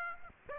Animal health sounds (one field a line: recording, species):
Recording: mosquito wingbeat signal from an infrared sensor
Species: Aedes aegypti